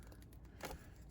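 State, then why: Not seated. A swapped plastic head is pushed onto a plastic action figure's neck peg. Only small scraping taps are heard, with a slightly louder scrape around 0.6–0.7 s. The head does not seat or click into place.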